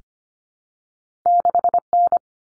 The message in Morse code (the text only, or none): 6N